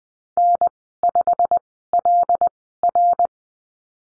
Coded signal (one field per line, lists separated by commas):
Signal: Morse code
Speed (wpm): 20 wpm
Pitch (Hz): 700 Hz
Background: none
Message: N5LR